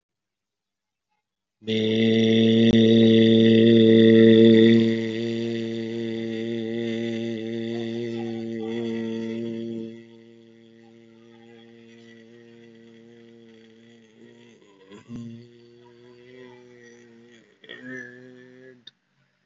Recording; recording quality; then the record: sustained vowel as in made; excellent, no background noise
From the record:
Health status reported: COVID-19 positive, mild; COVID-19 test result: positive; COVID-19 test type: RT-PCR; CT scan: not taken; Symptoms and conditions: cough, cold, fever, fatigue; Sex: male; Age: 47 years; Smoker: no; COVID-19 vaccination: both doses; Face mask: worn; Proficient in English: yes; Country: India